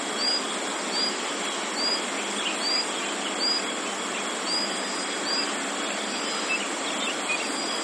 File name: isoshigi